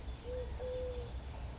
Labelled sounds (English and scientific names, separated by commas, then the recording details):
Eurasian Collared Dove (Streptopelia decaocto)
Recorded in Sonoma County, California